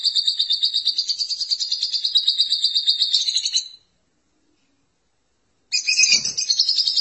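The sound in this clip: Lovebird chattering song: a long run of rapid, high, pulsing twitters, about two seconds of silence, then the shrill chatter starts again with a soft knock.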